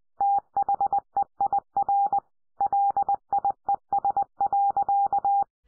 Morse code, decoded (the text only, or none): THEIR LIES.